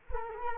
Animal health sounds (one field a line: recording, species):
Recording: mosquito wingbeat signal from an infrared sensor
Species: Culex quinquefasciatus